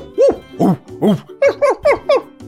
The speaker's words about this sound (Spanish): Y ladraban tanto y tan fuerte que los granjeros acudieron a pegarle con palos y piedras.